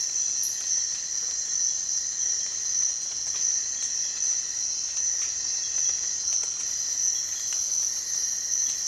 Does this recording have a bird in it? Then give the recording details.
no. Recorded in dense forest near Puerto Asís, Putumayo, Colombia, on 27 June 2025 at 04:00. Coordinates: 0.468, -76.322. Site GP03